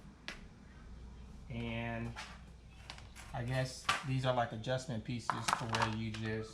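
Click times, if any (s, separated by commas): 0.3 s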